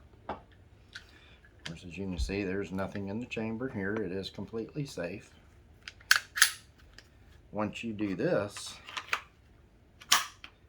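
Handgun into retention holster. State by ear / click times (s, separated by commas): seated / 10.1 s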